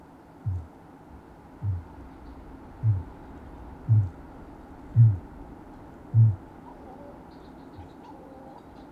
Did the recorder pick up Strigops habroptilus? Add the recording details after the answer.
yes. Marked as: faintness 3/5, faintness 5/5. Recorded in New Zealand. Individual Sirocco